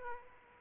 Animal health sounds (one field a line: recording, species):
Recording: mosquito wingbeat signal from an infrared sensor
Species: Aedes aegypti